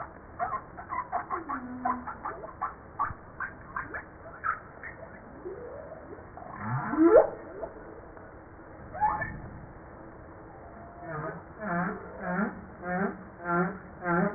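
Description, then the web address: Humpback whale song in a pulsed passage: a rapid train of short clicking pulses, a swooping upsweep, then rhythmic pulsed units repeated several times. Recorded 5 March 1994. "Voile'Ocean 940305 HUMPBACK"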